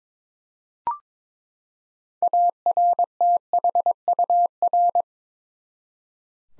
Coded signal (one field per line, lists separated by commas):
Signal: Morse code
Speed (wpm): 22 wpm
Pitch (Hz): 700 Hz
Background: none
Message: ARTHUR